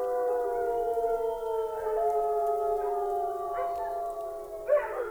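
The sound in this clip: Wolf: wolves howling, several long even tones held at different pitches, slightly falling, with a burst of higher yelps near the end.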